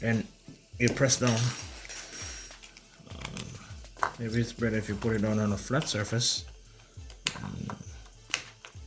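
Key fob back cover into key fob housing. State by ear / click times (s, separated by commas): seated / 7.3 s, 8.3 s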